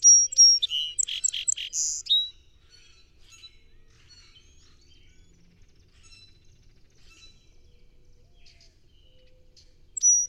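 Song sparrow song: a few sharp introductory notes, a run of buzzy notes and a lower closing note, followed by quiet with a faint high chip at the end.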